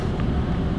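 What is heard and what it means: A metal jigsaw blade is handled at the jigsaw's blade clamp slot, with the release lever pulled back while the blade is pushed in. A steady low rumble runs throughout, with a brief, slightly louder sound at about 0.2 s. Nothing has seated or locked into place yet.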